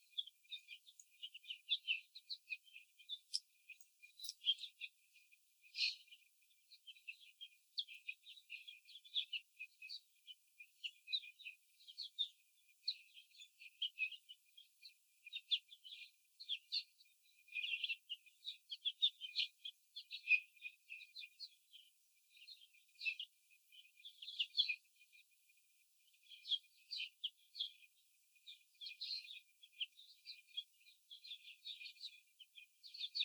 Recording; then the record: young laying hens in a cage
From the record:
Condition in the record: before the stressor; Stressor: simulated dog barking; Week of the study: 4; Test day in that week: 2